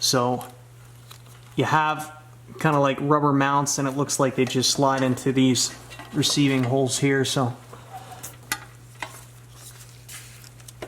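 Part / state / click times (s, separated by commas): rubber mount into receiving hole on pressure washer frame / seated / 8.5 s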